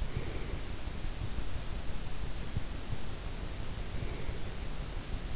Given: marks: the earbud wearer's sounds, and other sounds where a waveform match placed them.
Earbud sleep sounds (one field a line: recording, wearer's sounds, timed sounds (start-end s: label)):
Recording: sounds in sleep by an in-ear microphone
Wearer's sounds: breath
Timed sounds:
0.01-0.86 s: breath
3.89-4.82 s: breath